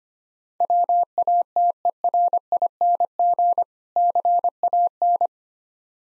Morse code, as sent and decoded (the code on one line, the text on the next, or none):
.-- .- - . .-. .. -. --. / -.-. .- -.
WATERING CAN